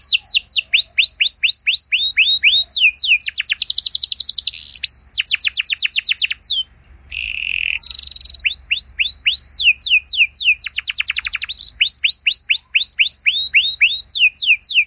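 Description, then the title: Canary song full of rapid descending trills and rolled notes, with a buzzy, harsher passage partway through before the quick sweeps return. Belgian canary song with elaborate phrases, played to warm up and stimulate other canaries so they answer with long continuous song. "Canto Para Esquentar Canário Belga. Suara Burung Kenari Lagu dan Cengkok Mewah Buat Kenari Lain Bakal Langsung Nyaut Gacor Panjang"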